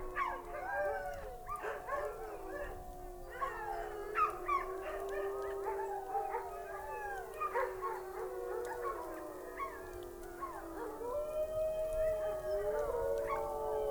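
Wolf: wolves howling in chorus, several long wavering tones overlapping with higher yips and short sliding cries throughout.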